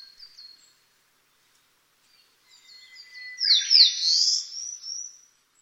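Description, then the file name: Eastern crowned warbler song: the tail of one phrase, a pause, then soft high notes building into a loud, buzzy, slurred phrase. "sendaimushikui"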